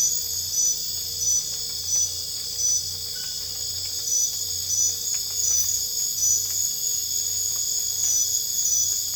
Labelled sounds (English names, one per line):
none